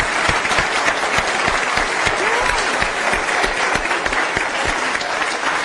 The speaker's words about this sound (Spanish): un aplauso para Jaime